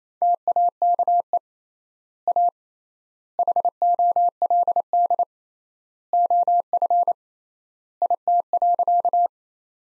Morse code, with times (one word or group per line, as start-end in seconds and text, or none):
0.2-1.4 TAKE
2.3-2.5 A
3.4-5.2 HOLD
6.1-7.1 OF
8.0-9.3 IT.